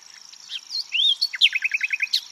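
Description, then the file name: Common nightingale song: soft twitters and a rising whistle, then a fast run of sharp descending chirps. "Luscinia megarhynchos"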